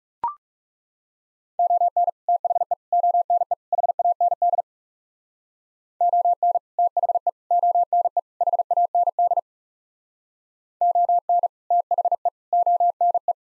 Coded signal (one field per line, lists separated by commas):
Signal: Morse code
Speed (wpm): 35 wpm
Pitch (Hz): 700 Hz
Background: none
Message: ON THE ONE HAND ON THE ONE HAND ON THE ONE